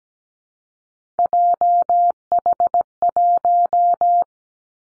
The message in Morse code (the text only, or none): JH1